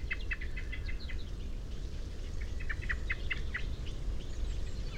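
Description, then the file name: Common blackbird calls: rapid runs of short, sharp clicking notes in two quick bursts, over a steady low rumble of background noise. "Turdus merula"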